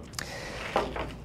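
A tab is pressed on an Inogen One G4 oxygen concentrator battery, releasing its latch with a single sharp click at 0.2 s. The battery then slides out of its external charger with a brief scraping rustle around 0.8 s. The battery is released from the charger.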